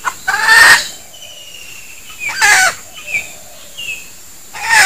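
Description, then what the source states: Junglefowl calls: three loud, rasping cackle bursts spaced throughout, with thin whistled notes between them. Female (betina); a denak (decoy) junglefowl.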